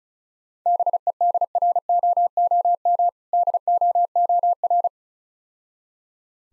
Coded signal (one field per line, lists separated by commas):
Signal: Morse code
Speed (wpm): 35 wpm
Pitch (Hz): 700 Hz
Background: none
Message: BEDROOM DOOR